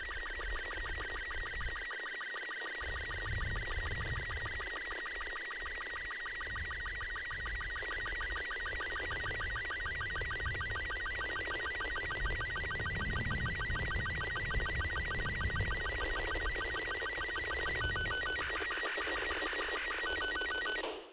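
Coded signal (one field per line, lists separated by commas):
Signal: SSTV (slow-scan television)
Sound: steady rhythmic warbling tone with regular short low chirps, repeating rapidly throughout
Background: radio static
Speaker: April the 4th, I had a nice pass and got to download some more images and some with a lot better quality.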